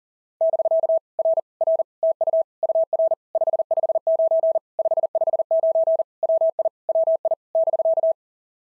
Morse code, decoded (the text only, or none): <BK> R R TU UR 559 559 WI WI <BK>